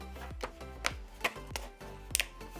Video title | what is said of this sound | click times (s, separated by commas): Best RUGGED Cases for iPad Pro 2024 (M4): THE ONES TO BUY! | and then this part clicks into place, | 0.9 s, 1.2 s, 1.6 s, 2.2 s